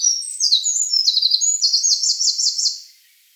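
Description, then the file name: Eurasian wren song, a loud rapid high-pitched outpouring of varied notes and fast trills, ending in a buzzy rattling run just before three seconds. "Troglodytes troglodytes"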